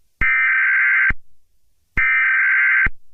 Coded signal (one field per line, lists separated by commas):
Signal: Emergency Alert System (SAME) tones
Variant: header bursts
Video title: EAS Scenario #1: Hammer Bro Military